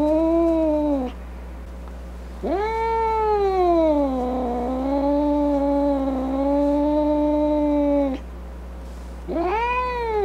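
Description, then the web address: Cat letting out drawn-out yowls separated by short quieter gaps, the long middle one rising, dipping and holding steady; three wails in all. Angry cat. "animal angry. cat Cat"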